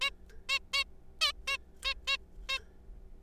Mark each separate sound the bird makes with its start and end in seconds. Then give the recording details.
0.01-0.10, 0.49-0.59, 0.73-0.83, 1.21-1.32, 1.48-1.57, 1.85-1.94, 2.07-2.17, 2.49-2.58. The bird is a juvenile. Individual R3428